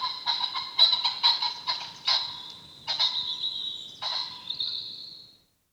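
Common pheasant producing a continuous stream of rough, rapid cackling notes with brief pauses, ending in a drawn-out harsh note that fades away.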